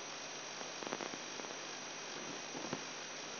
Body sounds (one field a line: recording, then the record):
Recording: brain microelectrode recording played as sound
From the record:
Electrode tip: outside the subthalamic nucleus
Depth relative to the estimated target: -6 mm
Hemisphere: right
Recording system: AlphaMap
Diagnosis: Parkinson's disease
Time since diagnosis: 10 years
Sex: male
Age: 58 years